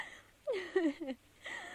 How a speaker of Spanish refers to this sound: Cuando al fin estuvo sola en su cuarto, puso la quena a un lado y rompió en un llanto incontenible, pensando en su pastor.